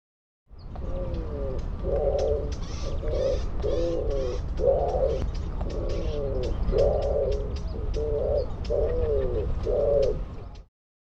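Bird giving low, hollow cooing phrases, about ten short grouped coos in a loose repeated rhythm, over a steady low rumble of background noise.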